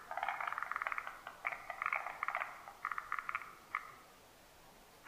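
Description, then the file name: Forest green tree frog giving pulsed calls almost continuously, many quick rattling clicks in irregular clusters, then quiet before a final brief burst. Recorded 12 July 2009. "moriaogaeru 20090712"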